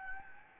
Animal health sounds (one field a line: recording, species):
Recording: mosquito wingbeat signal from an infrared sensor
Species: Anopheles gambiae